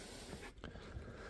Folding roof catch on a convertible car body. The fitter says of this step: it Clips nicely into place